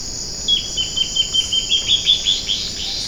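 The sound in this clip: Bird delivers a string of crisp, high notes in quick succession over a loud steady insect whine.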